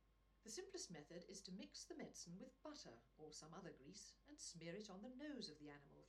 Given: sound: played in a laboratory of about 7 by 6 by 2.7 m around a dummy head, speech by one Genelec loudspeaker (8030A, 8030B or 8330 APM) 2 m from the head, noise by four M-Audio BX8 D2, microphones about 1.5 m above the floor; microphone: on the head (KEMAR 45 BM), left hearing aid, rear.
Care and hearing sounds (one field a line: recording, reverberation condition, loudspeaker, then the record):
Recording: female speech in English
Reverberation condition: low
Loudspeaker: 30 degrees to the left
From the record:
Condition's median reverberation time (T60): about 310 ms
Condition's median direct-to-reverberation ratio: about 3.5 dB